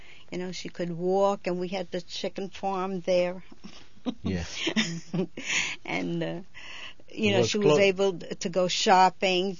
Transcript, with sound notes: You know, she could walk, and we had the chicken farm there. ( she laughs )
Yeah.
And, you know, she was able to go shopping.